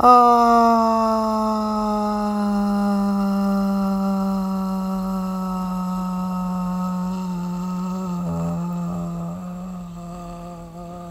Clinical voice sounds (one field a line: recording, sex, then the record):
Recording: sustained vowel /a/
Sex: female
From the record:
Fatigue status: no fatigue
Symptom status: symptomatic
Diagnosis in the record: COVID-19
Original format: m4a